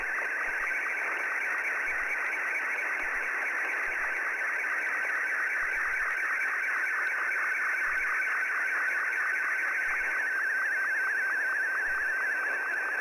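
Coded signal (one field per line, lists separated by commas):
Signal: SSTV (slow-scan television)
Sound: warbling, chirping tone with steady rhythmic ticks, scanning image lines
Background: radio static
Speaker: let me pause here and we'll go into the live portion of actually receiving signals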